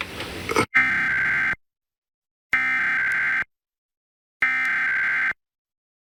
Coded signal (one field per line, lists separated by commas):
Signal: Emergency Alert System (SAME) tones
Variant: header bursts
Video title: EAS Alerts from 9/6 and 9/15 [EAS #57-59]